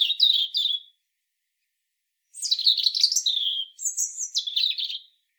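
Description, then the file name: European robin singing a short warble, then after a pause a longer phrase of varied slurs, a high whistle and a twittery ending. "Erithacus rubecula"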